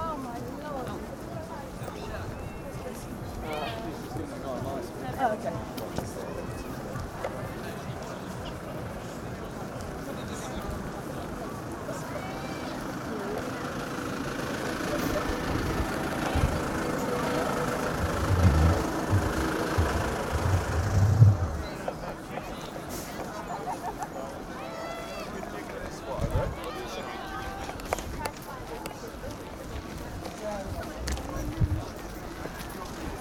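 A night walk through the Glastonbury festival grounds, with steady crowd chatter, passing voices, and a low rumble swelling midway before easing off.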